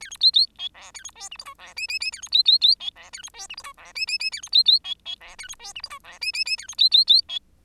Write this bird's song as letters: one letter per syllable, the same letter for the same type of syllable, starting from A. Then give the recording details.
A B C C D E A B F G H I E J J J A B C C C D E A B F G H I E J J J A B C C D D E A B F G H I E J J J A B C C C D. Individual Bird10